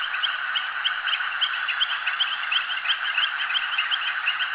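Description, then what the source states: Frog chorus: many overlapping chirping and trilling calls form a dense, steady wall of sound without pause. Frogs recorded at a jetty.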